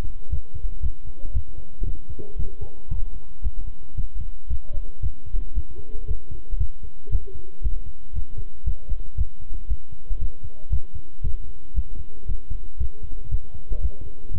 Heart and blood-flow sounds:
heart sounds by stethoscope; between the tricuspid and mitral areas; 116 bpm
0.31 s: heartbeat
0.83 s: heartbeat
1.34 s: heartbeat
1.86 s: heartbeat
2.38 s: heartbeat
2.90 s: heartbeat
3.44 s: heartbeat
3.97 s: heartbeat
4.50 s: heartbeat
5.02 s: heartbeat
5.55 s: heartbeat
6.08 s: heartbeat
6.59 s: heartbeat
7.12 s: heartbeat
7.63 s: heartbeat
8.15 s: heartbeat
8.66 s: heartbeat
9.17 s: heartbeat
9.69 s: heartbeat
10.20 s: heartbeat
10.72 s: heartbeat
11.23 s: heartbeat
11.76 s: heartbeat
12.28 s: heartbeat
12.79 s: heartbeat
13.31 s: heartbeat
13.82 s: heartbeat
14.33 s: heartbeat
From the record:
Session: walking at 3.7 km/h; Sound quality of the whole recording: good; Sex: male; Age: 25 years

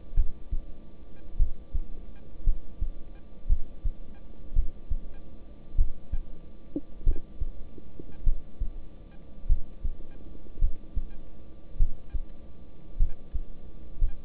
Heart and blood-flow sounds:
heart sounds by stethoscope; between the tricuspid and mitral areas; 52 bpm
0.14 s: heartbeat
1.37 s: heartbeat
2.44 s: heartbeat
3.47 s: heartbeat
4.54 s: heartbeat
5.76 s: heartbeat
7.04 s: heartbeat
8.24 s: heartbeat
9.47 s: heartbeat
10.59 s: heartbeat
11.77 s: heartbeat
12.97 s: heartbeat
13.99 s: heartbeat
From the record:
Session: rest, lying down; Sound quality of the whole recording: good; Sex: male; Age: 26 years

